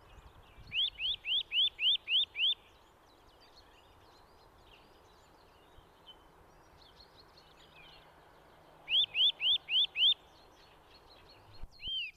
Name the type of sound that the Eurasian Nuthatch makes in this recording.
song